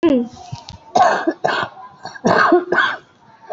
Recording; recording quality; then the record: shallow voluntary cough; excellent, no background noise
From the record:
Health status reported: COVID-19 positive, moderate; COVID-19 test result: positive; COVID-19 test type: RT-PCR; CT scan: taken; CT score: 5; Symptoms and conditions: cough, cold, sore throat, fever, fatigue, muscle pain, diarrhoea, diabetes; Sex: female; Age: 63 years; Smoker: no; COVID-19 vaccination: none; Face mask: worn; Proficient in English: yes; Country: India